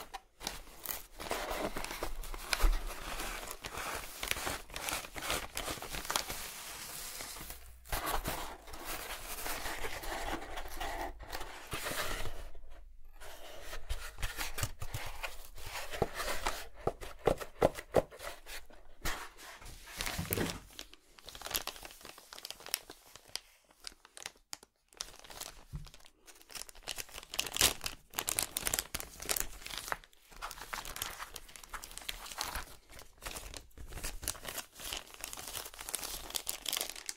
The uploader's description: Sounds maked with an excavation kit, like archaeological excavation.